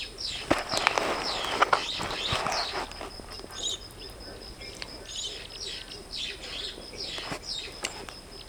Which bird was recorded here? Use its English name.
Superb Starling